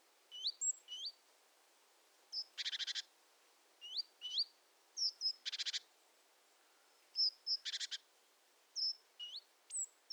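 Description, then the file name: Great tit calls: many thin high notes, with a harsh, rattling churr every two to three seconds. "Parus major"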